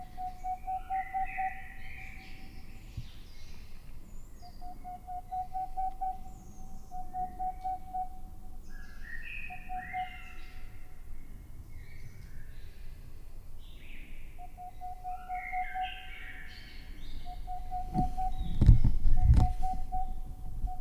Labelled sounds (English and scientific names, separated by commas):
Boreal Owl (Aegolius funereus)